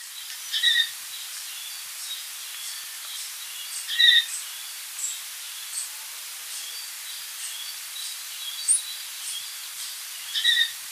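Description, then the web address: Blue-fronted Parrotlet giving short, squeaky notes in scattered bursts a few seconds apart, against a steady background hiss. Ecuador. "Birds of Ecuador. Blue-fronted Parrotlet"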